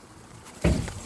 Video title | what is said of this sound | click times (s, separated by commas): 2019 Jetta hood bonnet repair | Oh, I hear a click. Yes, absolutely, it works. | 0.6 s, 0.9 s